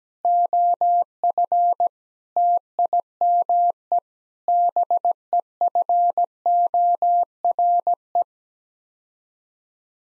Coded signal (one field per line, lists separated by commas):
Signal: Morse code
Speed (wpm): 17 wpm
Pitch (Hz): 700 Hz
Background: none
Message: OF TIME BEFORE